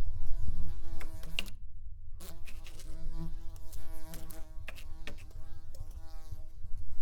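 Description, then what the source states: Fly buzzing in a continuous harmonic drone, broken by one short pause and scattered clicks. Flying around.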